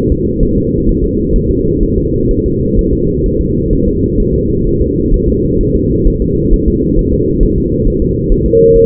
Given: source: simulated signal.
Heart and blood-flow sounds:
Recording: fetal heart sounds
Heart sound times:
0.12 s: S2
0.43 s: S1
0.57 s: S2
0.89 s: S1
1.04 s: S2
1.36 s: S1
1.51 s: S2
1.83 s: S1
1.98 s: S2
2.31 s: S1
2.46 s: S2
2.79 s: S1
2.93 s: S2
3.26 s: S1
3.41 s: S2
3.73 s: S1
3.88 s: S2
4.20 s: S1
4.35 s: S2
4.67 s: S1
4.81 s: S2
5.14 s: S1
5.28 s: S2
5.61 s: S1
5.75 s: S2
6.07 s: S1
6.22 s: S2
6.53 s: S1
6.68 s: S2
6.99 s: S1
7.13 s: S2
7.43 s: S1
7.58 s: S2
7.88 s: S1
8.02 s: S2
8.32 s: S1
8.46 s: S2
8.76 s: S1
From the record:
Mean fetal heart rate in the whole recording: 130 bpm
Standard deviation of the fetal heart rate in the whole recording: 4 bpm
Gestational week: 38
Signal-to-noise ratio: -14.7 dB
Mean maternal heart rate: 72 bpm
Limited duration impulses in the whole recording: present

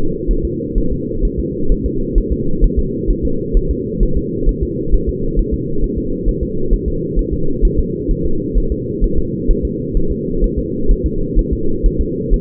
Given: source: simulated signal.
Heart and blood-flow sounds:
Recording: fetal heart sounds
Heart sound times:
0.31 s: S1
0.45 s: S2
0.78 s: S1
0.93 s: S2
1.25 s: S1
1.40 s: S2
1.72 s: S1
1.86 s: S2
2.18 s: S1
2.32 s: S2
2.64 s: S1
2.79 s: S2
3.10 s: S1
3.25 s: S2
3.57 s: S1
3.71 s: S2
4.03 s: S1
4.17 s: S2
4.49 s: S1
4.63 s: S2
4.94 s: S1
5.09 s: S2
5.39 s: S1
5.54 s: S2
5.84 s: S1
5.98 s: S2
6.28 s: S1
6.43 s: S2
6.74 s: S1
6.88 s: S2
7.19 s: S1
7.33 s: S2
7.65 s: S1
7.79 s: S2
8.11 s: S1
8.26 s: S2
8.58 s: S1
8.72 s: S2
9.04 s: S1
9.19 s: S2
9.50 s: S1
9.65 s: S2
9.97 s: S1
10.12 s: S2
10.44 s: S1
10.59 s: S2
10.91 s: S1
11.06 s: S2
11.39 s: S1
11.53 s: S2
11.86 s: S1
12.01 s: S2
12.34 s: S1
From the record:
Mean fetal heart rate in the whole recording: 130 bpm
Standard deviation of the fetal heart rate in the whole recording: 2 bpm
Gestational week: 38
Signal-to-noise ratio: -8.1 dB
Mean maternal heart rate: 72 bpm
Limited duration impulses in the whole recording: absent

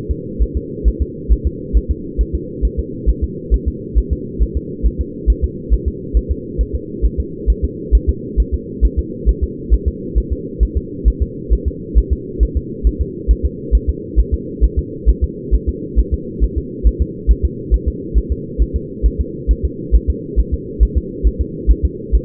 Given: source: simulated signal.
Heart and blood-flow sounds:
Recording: fetal heart sounds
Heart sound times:
0.11 s: S2
0.42 s: S1
0.57 s: S2
0.88 s: S1
1.02 s: S2
1.32 s: S1
1.47 s: S2
1.77 s: S1
1.91 s: S2
2.21 s: S1
2.35 s: S2
2.65 s: S1
2.79 s: S2
3.09 s: S1
3.24 s: S2
3.54 s: S1
3.68 s: S2
3.98 s: S1
4.13 s: S2
4.42 s: S1
4.57 s: S2
4.86 s: S1
5.01 s: S2
5.30 s: S1
5.44 s: S2
5.73 s: S1
5.88 s: S2
6.17 s: S1
6.31 s: S2
6.61 s: S1
6.75 s: S2
7.05 s: S1
7.20 s: S2
7.50 s: S1
7.64 s: S2
7.95 s: S1
8.09 s: S2
8.40 s: S1
8.54 s: S2
8.85 s: S1
8.99 s: S2
9.29 s: S1
9.44 s: S2
9.74 s: S1
9.88 s: S2
10.18 s: S1
10.32 s: S2
10.63 s: S1
10.77 s: S2
11.08 s: S1
11.22 s: S2
11.53 s: S1
11.68 s: S2
11.98 s: S1
12.13 s: S2
12.43 s: S1
12.57 s: S2
12.87 s: S1
13.01 s: S2
13.31 s: S1
13.45 s: S2
13.75 s: S1
13.89 s: S2
14.19 s: S1
14.34 s: S2
14.64 s: S1
14.79 s: S2
15.09 s: S1
15.24 s: S2
15.55 s: S1
15.69 s: S2
15.99 s: S1
16.14 s: S2
16.44 s: S1
16.58 s: S2
16.87 s: S1
17.02 s: S2
17.31 s: S1
17.45 s: S2
17.74 s: S1
17.88 s: S2
18.18 s: S1
18.32 s: S2
18.62 s: S1
18.76 s: S2
19.06 s: S1
19.21 s: S2
19.51 s: S1
19.65 s: S2
19.95 s: S1
20.10 s: S2
20.39 s: S1
20.54 s: S2
20.83 s: S1
20.97 s: S2
21.27 s: S1
21.41 s: S2
21.71 s: S1
21.85 s: S2
22.15 s: S1
From the record:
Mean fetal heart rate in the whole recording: 135 bpm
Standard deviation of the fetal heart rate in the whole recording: 3 bpm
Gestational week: 34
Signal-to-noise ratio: -4.1 dB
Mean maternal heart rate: no maternal heart sound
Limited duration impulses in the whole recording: absent

